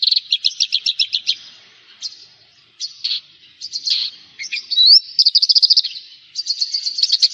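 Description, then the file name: Javan bush lark song: quick repeated trilled notes, a gap, then varied buzzy phrases and a rising whistled slur before a fast chattering close. "suara burung branjangan jawa"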